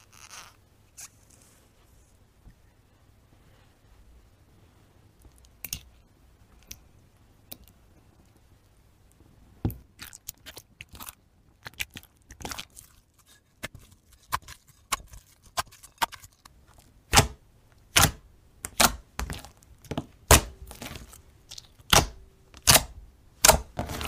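Slime being squished and pressed gives off sharp, wet clicks and pops. The clicks start sparse and soft, then come more often and grow louder after about ten seconds. By the last few seconds they land in a steady rhythm of loud snaps over a low, quiet hum.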